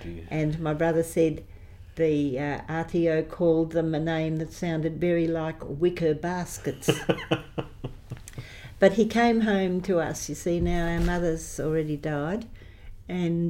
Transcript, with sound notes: and my brother said the RTO called them a name that sounded very like ‘wicker baskets’. [laughs] But he came home to us – so our mother had already died and